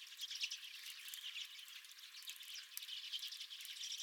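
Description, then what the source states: Redpolls calling together, constant high-pitched twittering and dry chip notes layered over one another without pause. Redpolls at the recordist's feeder.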